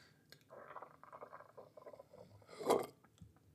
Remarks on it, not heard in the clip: That sounded like a creeping thunder. That's what that burp sounded like. It's like the thunder you can hear from afar, and you can tell it's getting ready to crack. But the crack never happened. It was just a creep.